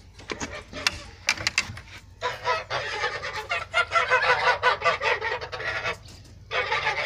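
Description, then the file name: Goose: geese gabbling and honking in a dense chorus after a few sharp clicks and knocks, then a pause and more calling. "Odglosy zwierzat gesi"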